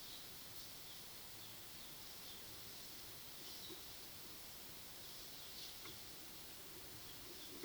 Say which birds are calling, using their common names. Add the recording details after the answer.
none. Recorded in pastures near Puerto Asís, Putumayo, Colombia, on 20 February 2024 at 13:00. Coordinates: 0.497, -76.327. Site G7276